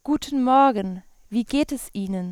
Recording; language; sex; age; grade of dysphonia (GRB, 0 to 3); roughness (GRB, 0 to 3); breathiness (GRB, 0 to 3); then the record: spoken sentence; German; female; 20 to 29 years; 0; 0; 0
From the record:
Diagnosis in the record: healthy voice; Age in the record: 20 years